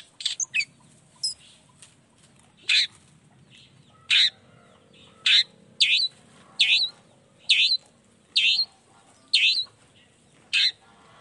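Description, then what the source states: Long-tailed shrike repeating loud, harsh, grating notes about once per second after a few quick chirps at the start. Shrike in full song in the morning, used to stimulate lazy, silent shrikes to start singing; 'toet toet' sound variation.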